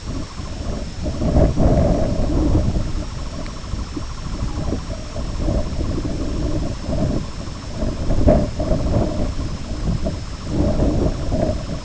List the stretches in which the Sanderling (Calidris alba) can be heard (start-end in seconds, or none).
0.01-11.84